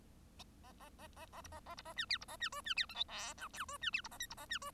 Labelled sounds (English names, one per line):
Bengalese Finch song